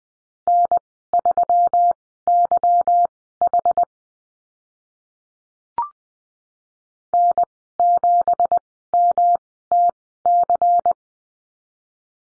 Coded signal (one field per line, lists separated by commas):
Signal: Morse code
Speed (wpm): 20 wpm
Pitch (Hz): 700 Hz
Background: none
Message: N3YH N7MTC